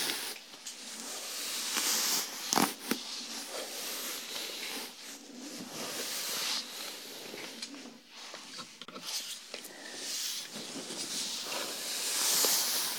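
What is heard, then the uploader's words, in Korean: Hair brushing with shampoo and scalp massage, heard as a dense, bright hiss of bristles and wet friction that swells and fades in strokes. Sharp clicks and taps punctuate it, loudest near the three-second mark. 토탈케어 F코스 ASMR (샴푸, 스킨케어, 두피마사지, 헤어브러싱).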